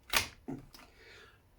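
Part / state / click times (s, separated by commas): tap coupling onto beer keg for home draft machine / seated / 0.8 s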